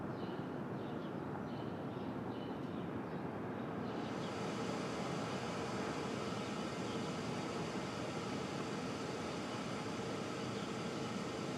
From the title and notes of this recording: Brooklyn Dawn. Street Traffic, Open Air II.